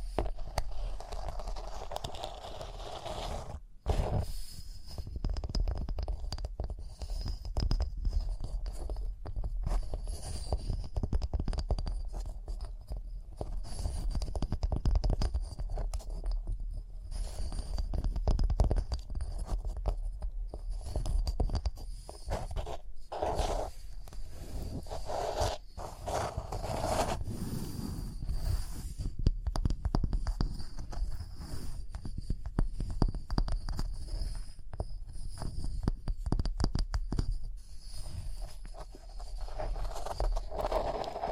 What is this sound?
Rhinestone Tapping, Scratching, Brushing